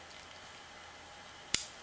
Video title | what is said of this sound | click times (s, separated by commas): MULTIHERRAMIENTA LEATHERMAN #73 | locks into place | 1.5 s